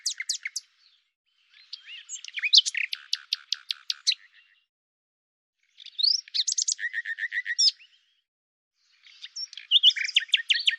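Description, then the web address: Common nightingale song: separate phrases of sharp clicks, rapid rattles and repeated notes, divided by short silences. "cianscape birddata Deverinetal 2025"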